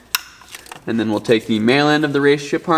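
The female end of a RaceChip tuning module's wiring harness, with its 45-degree angle cut, is pushed onto the male end of the factory manifold pressure sensor connector (the B connection) on a Kia Stinger / Genesis G70, G80, G90 3.3 T-GDi. It locks on with a sharp plastic click at 0.15 s, followed by a few faint ticks before someone talks. The connector is seated.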